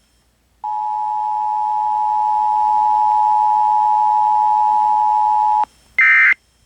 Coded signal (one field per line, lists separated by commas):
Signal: Emergency Alert System (SAME) tones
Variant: 853 and 960 Hz attention tone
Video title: EAS #968-970: WHEN THE SDR IS FULL..... Required Weekly Test on KDKA-AM #33 || 5/8/22